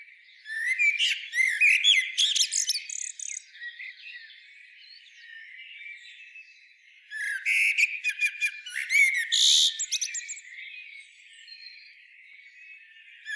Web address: SETE Turdus merula